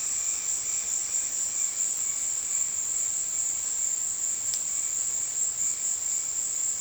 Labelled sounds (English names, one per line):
Red-bellied Macaw